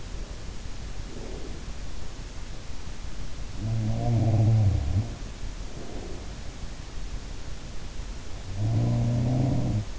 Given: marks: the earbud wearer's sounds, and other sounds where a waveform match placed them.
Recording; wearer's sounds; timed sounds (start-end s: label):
sounds in sleep by an in-ear microphone; breath
0.00-1.94 s: breath
3.55-6.30 s: sound from someone else or the room
8.37-9.99 s: sound from someone else or the room